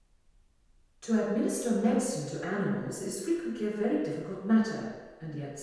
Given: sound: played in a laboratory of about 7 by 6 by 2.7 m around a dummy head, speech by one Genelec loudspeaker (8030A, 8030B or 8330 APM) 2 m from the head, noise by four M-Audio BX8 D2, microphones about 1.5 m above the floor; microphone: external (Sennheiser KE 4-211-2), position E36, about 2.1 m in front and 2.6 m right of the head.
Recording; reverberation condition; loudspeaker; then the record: female speech in English; high; 120 degrees to the left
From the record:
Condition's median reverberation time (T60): about 1300 ms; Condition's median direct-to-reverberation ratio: about -4.0 dB